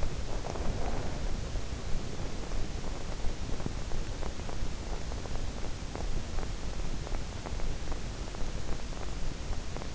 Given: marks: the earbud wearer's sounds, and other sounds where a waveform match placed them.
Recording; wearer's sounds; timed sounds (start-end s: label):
sounds in sleep by an in-ear microphone; breath
0.00-1.96 s: breath